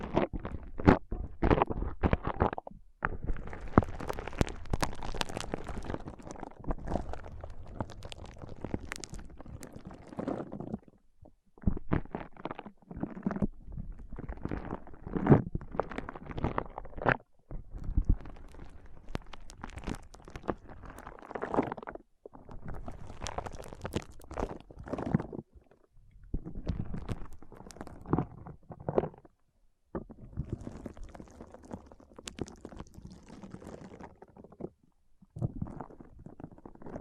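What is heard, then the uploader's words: ASMR foam brain massage: dense, squishy crackling and rubbing in bursts several seconds long, broken by brief silences around 3, 11, 17, 26 and 30 seconds. Sharp pops and crinkles spike throughout, over a low rumbling undertone that comes and goes. ASMR Powerful Foam Brain Massage.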